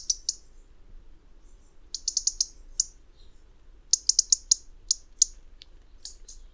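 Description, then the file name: European robin ticking repeatedly, sharp high clicks in irregular bursts of one to five, spaced by short pauses throughout, against a quiet background. "Erithacus rubecula"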